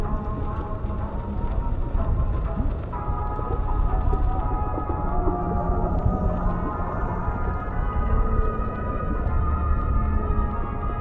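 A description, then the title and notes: Music plays underwater, heard as a thick, muffled wash with most of the sound low and nothing bright above. Steady held tones hum through it, with occasional swells and a soft thump near three seconds, while the level stays even throughout. Oldies music playing underwater in City.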